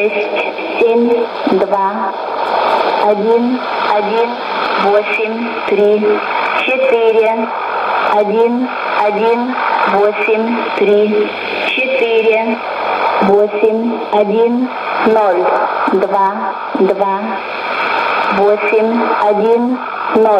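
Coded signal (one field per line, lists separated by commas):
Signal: numbers station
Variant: S06s, Russian female voice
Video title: 16 01 2020 S06s Russian Lady numbers station in Russian to Eu 0944 on 9540 unknown tx site USB+AM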